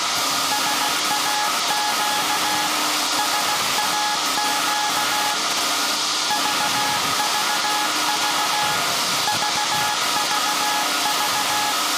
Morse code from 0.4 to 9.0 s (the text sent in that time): SAQ SAQ VVV